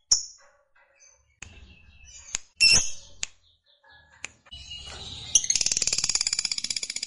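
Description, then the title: Lovebird chattering song: sharp, high chirps and clicks with short pauses, then a fast, buzzy, high-pitched rattle of rapid pulses through the final two seconds. Fighter-type lovebird singing energetically (gacor). "Berkat SUARA Lovebird FIGHTER GACOR Ini"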